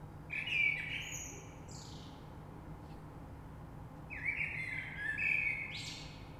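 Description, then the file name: Common blackbird singing two rich fluted phrases, each followed by sharp high squeaky notes, separated by a short pause, over a faint low rumble. Recorded 3 March 2020. "Rush Merle"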